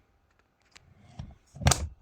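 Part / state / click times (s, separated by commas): battery adapter into power tool / seated / 1.7 s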